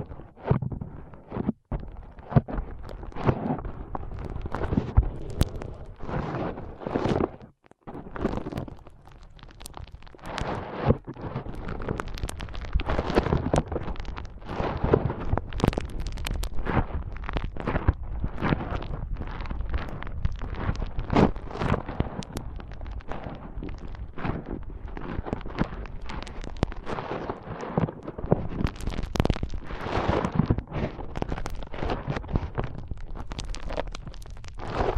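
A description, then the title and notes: Foam is rubbed and squeezed against the microphone in a powerful massage, producing thick, rumbling scrubbing strokes with crackly bright edges. The rubbing is nearly constant and dense, with brief silent gaps near the start and around seven seconds. ASMR Powerful Foam Brain Massage.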